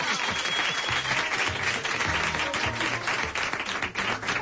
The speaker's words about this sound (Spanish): Porque con él somos campeones mundiales de baloncesto. Un aplauso para Pepu Hernández.